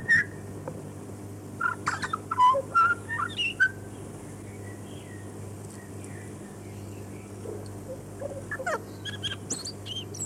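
Chatham Island tui singing a quick burst of mixed whistles, gurgles and clicks in the first few seconds, then quieter high squeaks against a constant low droning hum.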